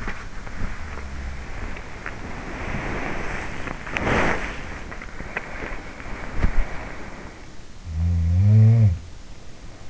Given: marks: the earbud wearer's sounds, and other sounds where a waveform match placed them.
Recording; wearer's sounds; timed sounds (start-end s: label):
sounds in sleep by an in-ear microphone; body movement
0.00-6.55 s: body movement
7.72-9.62 s: sound from someone else or the room